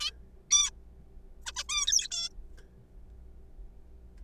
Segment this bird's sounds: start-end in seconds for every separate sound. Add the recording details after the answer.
0.01-0.10, 0.51-0.70, 1.46-1.52, 1.56-1.64, 1.69-2.08, 2.12-2.29. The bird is a juvenile. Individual R3428